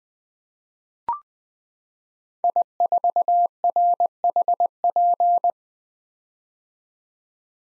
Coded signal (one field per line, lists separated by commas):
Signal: Morse code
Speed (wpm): 20 wpm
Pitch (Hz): 700 Hz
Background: none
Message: I4RHP